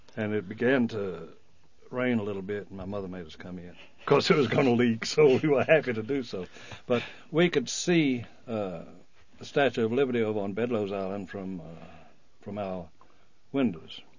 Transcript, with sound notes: And it began to rain a little bit, and my mother made us come in. Of course, it was going to leak, so we were happy to do so. (he laughs) But we could see the Statue of Liberty over on Bedloes Island from our, from our windows.